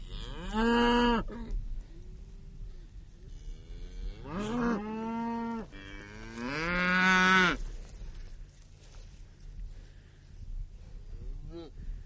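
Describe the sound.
Cow mooing, three drawn-out harmonic moos near the start and middle, the last loudest and longest, with quieter lowing and faint background noise between them.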